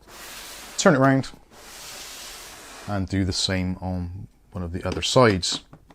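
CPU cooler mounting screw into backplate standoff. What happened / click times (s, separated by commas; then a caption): A screw is being handled and repositioned, nothing has seated yet / none. A CPU cooler mounting screw on a Gamdias Boreas E1 410WH ARGB cooler is handled over its backplate standoff during an AMD install, with steady hiss and faint rubbing under someone talking. The screw is handled but not yet home, and nothing has seated or clicked yet.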